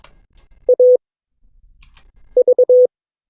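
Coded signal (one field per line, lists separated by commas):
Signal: Morse code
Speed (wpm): 22 wpm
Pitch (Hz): 500 Hz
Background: none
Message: AV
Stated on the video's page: Morse code class session of an amateur radio club.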